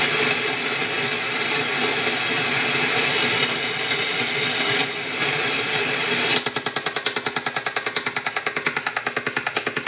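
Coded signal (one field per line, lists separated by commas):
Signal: radar signal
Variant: over-the-horizon radar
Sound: steady radio hiss, then a fast regular rattling knock, like a woodpecker tapping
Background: radio static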